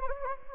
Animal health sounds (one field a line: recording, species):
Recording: mosquito wingbeat signal from an infrared sensor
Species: Anopheles gambiae